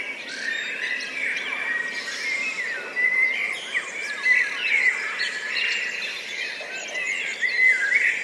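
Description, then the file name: Blackbirds singing together, fluty warbling phrases mixed with a few harsher squawky notes, continuous throughout. Several blackbirds, recorded 10 June 2014 at 03:29, high-pass filtered. "140610-0329 blackbirds"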